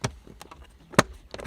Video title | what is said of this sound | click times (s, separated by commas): Installing LED Door Sills WITHOUT Removing Overhead Console - Ford Fusion | snap it on again | 1.0 s